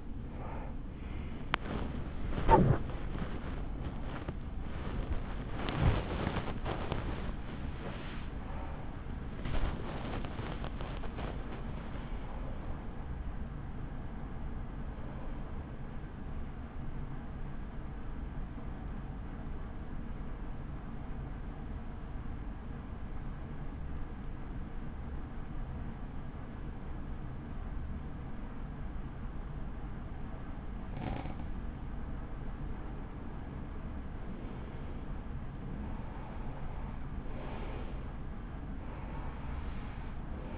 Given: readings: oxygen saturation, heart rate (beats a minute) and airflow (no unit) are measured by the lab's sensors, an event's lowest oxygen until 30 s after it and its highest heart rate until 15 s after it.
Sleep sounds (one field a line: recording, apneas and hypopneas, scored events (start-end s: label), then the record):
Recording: breathing in sleep by a smartphone at the bedside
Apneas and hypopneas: 1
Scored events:
17.00-34.10 s: obstructive apnea (N1, oxygen 96% highest, then 91% lowest, heart rate 77 at the start, 77 highest)
27.00-40.58 s: new sleep stage, N2 (light sleep)
From the record:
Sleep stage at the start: N1 (lightest sleep)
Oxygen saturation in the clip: 94 to 96%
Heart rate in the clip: 37 to 78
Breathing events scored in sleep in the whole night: 83 in 6.1 hours asleep